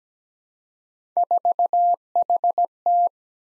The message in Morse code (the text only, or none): 4HT